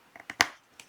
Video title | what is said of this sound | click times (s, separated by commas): Making Glide and Slide Cards | And you can hear it click together | 0.4 s